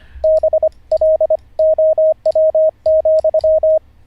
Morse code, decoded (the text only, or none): BLOW,